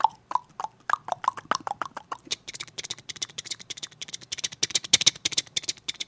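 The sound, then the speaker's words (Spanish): A horse's hooves clatter as a man mounts it and rides away, the beats starting spaced and hollow, then quickening into a rapid, dense gallop of sharp clops that continues to the end, with no voices. “Saltó tumba, llegó hasta el caballo, montó y se alejó.”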